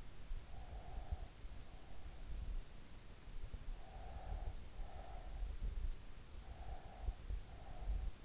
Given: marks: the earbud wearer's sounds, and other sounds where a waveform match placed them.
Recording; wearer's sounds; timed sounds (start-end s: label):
sounds in sleep by an in-ear microphone; breath
0.27-1.88 s: breath
3.64-4.74 s: sound from someone else or the room
6.29-8.25 s: breath